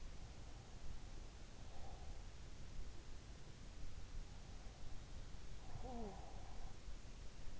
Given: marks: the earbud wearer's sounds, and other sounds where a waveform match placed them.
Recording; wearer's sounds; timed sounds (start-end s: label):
sounds in sleep by an in-ear microphone; breath, talking in sleep
1.55-2.49 s: breath
5.24-6.53 s: talking in sleep